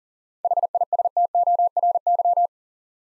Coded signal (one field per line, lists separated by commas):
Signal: Morse code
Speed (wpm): 42 wpm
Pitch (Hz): 700 Hz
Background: none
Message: HISTORY